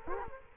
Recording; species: mosquito wingbeat signal from an infrared sensor; Culex quinquefasciatus